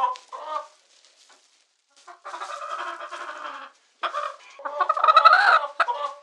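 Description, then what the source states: Chicken giving agitated squawks and cackles in bursts separated by short silences, the last burst loudest and most frantic. Distress call.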